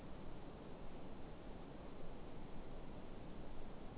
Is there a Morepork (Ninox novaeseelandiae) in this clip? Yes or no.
no